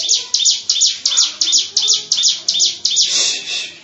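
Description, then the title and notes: Bird chirping: sharp, high chirps repeated roughly three times a second, about ten in a row, ending in a fuzzier, longer burst. "Bird Sound. Kicau Burung Lengkap"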